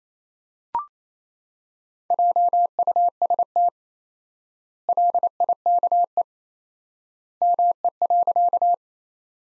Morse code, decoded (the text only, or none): JUST LIKE ME.